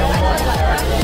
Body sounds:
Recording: background sound without coughing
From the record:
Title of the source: Nightlife Party Simulating Party Club Noise 1 Hour

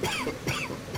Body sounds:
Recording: coughing mixed with background sound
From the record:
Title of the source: Dry Afternoon Cough

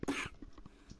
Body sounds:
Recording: coughing mixed with background sound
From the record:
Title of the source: 64 coughing, allergies, singing lungs

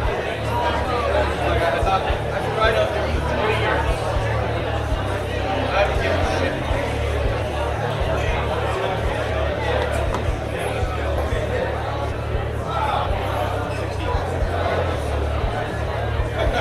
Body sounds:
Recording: background sound without coughing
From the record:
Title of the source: CITY SOUNDS Busy Bar in the Evening Night - 2 HOURS of Ambiance for Relaxation

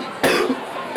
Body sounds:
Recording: coughing mixed with background sound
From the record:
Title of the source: Coughing 77

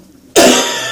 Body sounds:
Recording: coughing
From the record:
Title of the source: Residual Phlegmy Morning Coughing and Gagging

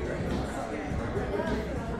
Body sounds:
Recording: background sound without coughing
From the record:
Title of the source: 60 minutes of coffee shop sounds for study and concentration

